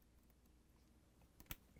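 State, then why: Seated. A long wire harness plug is pushed into its mating connector on a Whirlpool/KitchenAid/Maytag refrigerator ice maker assembly (W10873791) during replacement. After a quiet stretch, a small tick at 1.4 s is followed by a sharp, bright click at 1.5 s as the plug seats.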